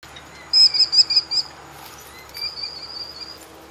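American kestrel calling: a quick run of high, thin, repeated notes, then one longer, steady high note after a short pause.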